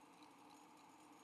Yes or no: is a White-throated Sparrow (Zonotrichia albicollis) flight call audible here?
no